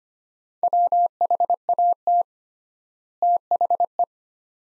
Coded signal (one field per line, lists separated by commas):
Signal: Morse code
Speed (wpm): 25 wpm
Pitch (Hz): 700 Hz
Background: none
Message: WHAT THE